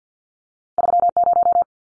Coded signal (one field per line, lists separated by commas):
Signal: Morse code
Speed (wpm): 50 wpm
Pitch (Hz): 700 Hz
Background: none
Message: 30